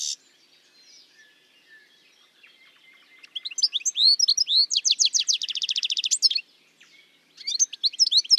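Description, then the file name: European goldfinch song: a brief high note, a quiet stretch, then a lively high twittering burst that runs into a rapid buzzy trill, a short pause, and renewed tinkling phrases. "life dviete. carduelis carduelis"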